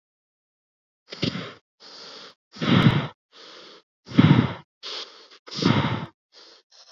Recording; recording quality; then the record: shallow breathing; excellent, no background noise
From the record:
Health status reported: COVID-19 positive, mild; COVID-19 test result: positive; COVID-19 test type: RT-PCR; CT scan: not taken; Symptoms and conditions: sore throat, fever, fatigue, muscle pain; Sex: male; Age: 23 years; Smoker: no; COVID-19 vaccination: both doses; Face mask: not worn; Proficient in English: yes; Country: India